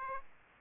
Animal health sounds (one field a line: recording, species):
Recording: mosquito wingbeat signal from an infrared sensor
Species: Aedes aegypti